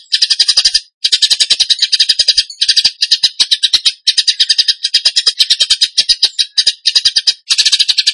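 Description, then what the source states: Bird song: dense, scratchy chatter of quick high notes, running almost continuously with only brief breaks. Masteran training recording; song in the tembakan gacor style.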